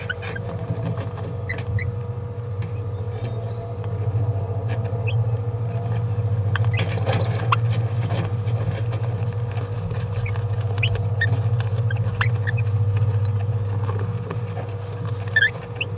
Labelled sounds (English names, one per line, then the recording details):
Green-rumped Parrotlet babbling
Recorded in a nest box in Venezuela
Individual 18B17A4